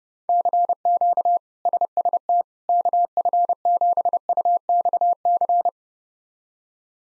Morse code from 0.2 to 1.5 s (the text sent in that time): CQ